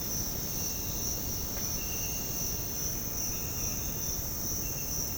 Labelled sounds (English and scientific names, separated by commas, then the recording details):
none
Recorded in dense forest near Puerto Asís, Putumayo, Colombia, on 29 June 2025 at 06:30
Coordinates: 0.486, -76.317
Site G065